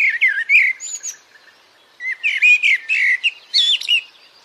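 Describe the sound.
Blackbird song: a dense run of rich warbled notes mixed with scratchy high twitters, with a short pause midway.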